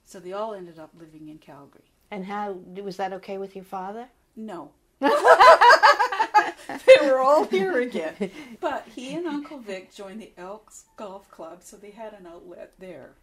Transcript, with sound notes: So they all ended up living in Calgary.
And how -- was that oaky with your father?
No. (both laugh) They were all here again. But he and Uncle Vic joined the Elks Golf Club so they had an outlet there.